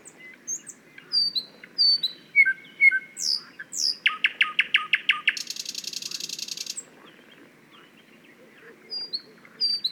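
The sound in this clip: Thrush nightingale: high fluty slurs and piping notes, then a rapid run of loud hard clicks and a rasping buzzy rattle, followed by quieter whistles.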